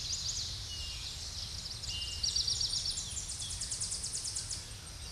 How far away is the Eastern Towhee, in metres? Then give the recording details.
about 35 m. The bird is about 5 m above the microphone. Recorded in a Pennsylvania forest on 16 May 2024 at 07:38. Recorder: AudioMoth, point MSD-2320. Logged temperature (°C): 12.8 °C. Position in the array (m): 181 m, 181 m